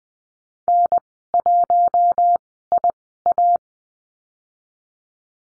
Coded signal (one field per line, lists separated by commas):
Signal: Morse code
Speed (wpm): 20 wpm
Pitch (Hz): 700 Hz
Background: none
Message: N1IA